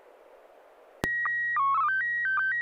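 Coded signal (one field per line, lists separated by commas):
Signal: SSTV (slow-scan television)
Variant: PD 120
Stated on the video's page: SSTV images exchanged on a weekly amateur net via an FM repeater on 441.300 MHz in Sacramento, California.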